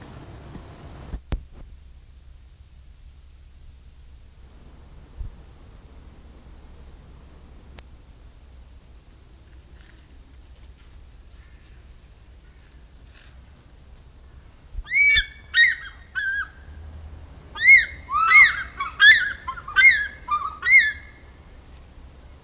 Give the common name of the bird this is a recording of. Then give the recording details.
African Fish-eagle. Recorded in captivity. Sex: pair. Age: adult. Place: Zoo Berlin, Berlin, DE. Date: 2000-12-12 14:08. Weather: bedeckt, 12°C. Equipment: Nagra SN, Kopie Uher 4000 Report Monitor. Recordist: Tembrock, Günter. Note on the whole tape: Männchen: Rufe und Paarrufen (Weibchen mit der tiefen Stimme), teilweise sehr gute Aufnahmequalität